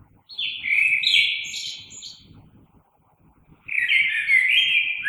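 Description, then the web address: Common blackbird song in two fluting phrases, the first with a high squeaky ending, a soft low rumble underneath. Recorded 3 March 2020. "oiseaux Merle 2020 03 03"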